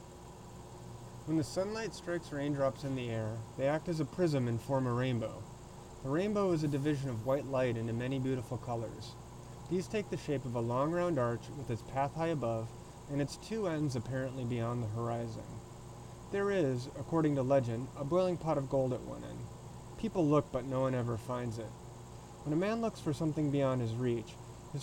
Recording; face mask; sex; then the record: reading aloud; surgical mask; male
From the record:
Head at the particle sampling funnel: tilted up or above it, chin in front of it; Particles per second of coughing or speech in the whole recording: 0.19